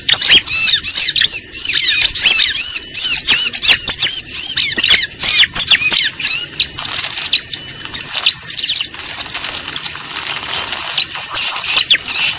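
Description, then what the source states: Lovebird calls: rapid shrill squeaks and arched chirps, densely packed at first, then thinning into short bursts separated by brief gaps. Lure recording used to attract birds (pikat).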